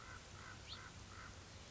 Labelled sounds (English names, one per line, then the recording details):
American Crow
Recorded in Sonoma County, California